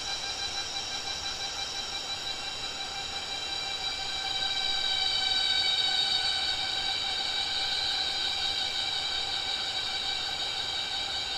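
Pomponia imperatoria cicadas drone in a loud, continuous, sawmill-like whine made of several stacked, piercing tones. The chorus holds steady throughout, swelling louder and brighter from about four to eight seconds before easing back slightly. A faint low rumble sits underneath.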